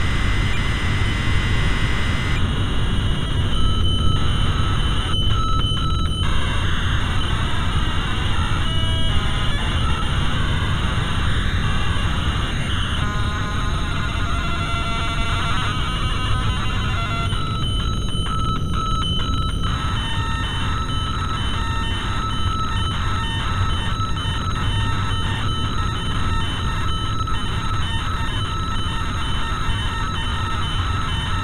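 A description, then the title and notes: Audio from a Commodore 64 cassette: a steady, dense hiss runs throughout at an even level. Over it, thin high whistling tones warble and shift in pitch, with buzzy chattering bursts around four to six seconds and again from seventeen to twenty seconds. Audio from a C64 cassette for Battleships by Elite, alongside generic dissonance extracted from tcpdump in Linux.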